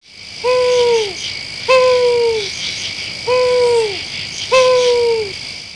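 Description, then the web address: Owl giving four downward-slurred hoots over a steady high-pitched insect-like buzz. "Dorling Kindersley My First Incredible Amazing Dictionary. owl"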